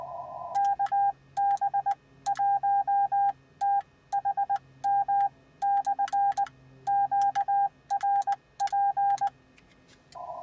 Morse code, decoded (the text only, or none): KB1THM/QRP